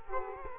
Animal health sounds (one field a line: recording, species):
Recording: mosquito wingbeat signal from an infrared sensor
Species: Culex quinquefasciatus